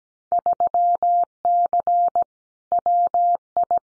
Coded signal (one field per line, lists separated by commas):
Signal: Morse code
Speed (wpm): 17 wpm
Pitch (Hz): 700 Hz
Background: none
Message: 3C WI